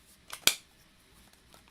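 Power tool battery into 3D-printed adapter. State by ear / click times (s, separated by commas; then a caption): seated / 0.5 s. A borrowed Ryobi power tool battery is slid into a 3D-printed prototype adapter. A light knock at 0.3 s is followed by a sharp, bright snap at 0.5 s as it locks into place, then only a few faint ticks. The battery is seated.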